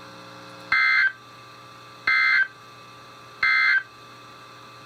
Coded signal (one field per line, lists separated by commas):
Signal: Emergency Alert System (SAME) tones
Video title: EAS #663-#670: More Flooding! | KHB36 & WNG736